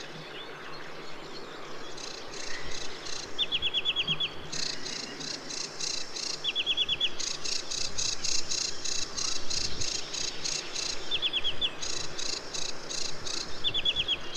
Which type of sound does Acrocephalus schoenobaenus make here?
song